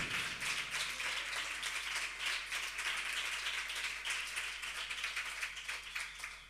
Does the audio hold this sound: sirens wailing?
no